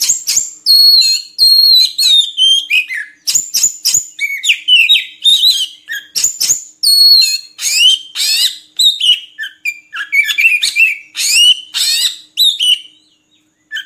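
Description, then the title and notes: Oriental magpie-robin song, a rich continuous medley of clear whistles, slurred descending notes and buzzy trills with brief pauses, near the end falling quiet. Song meant for training kept birds to sing day and night. "Kacer Jadi Gacor Siang Malam. Isian Kacer Durasi Panjang"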